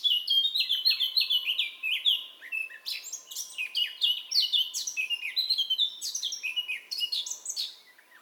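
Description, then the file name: Eurasian blackcap singing a dense, continuous warble of rapid high chirps and fluty notes, with quick varied phrases running without a break. "Sylvia atricapilla"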